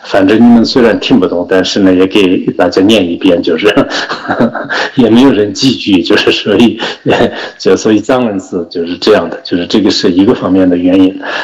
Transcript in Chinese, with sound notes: 反正你们虽然听不懂，但是呢也给大家念一遍，哈哈。 （上师笑） 所以藏文就是这样的，这个是一个方面的原因。